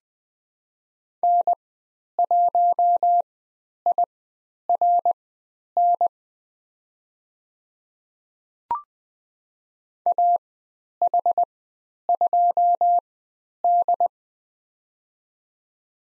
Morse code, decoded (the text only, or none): N1IRN AH2D